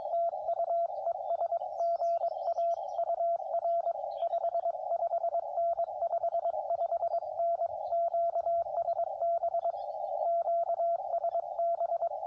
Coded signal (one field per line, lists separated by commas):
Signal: Morse code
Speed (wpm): 22 wpm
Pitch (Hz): 680 Hz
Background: radio noise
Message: TU ES GA UR 55N 55N QSB QSB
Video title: CW POTA Lower Hobble Creek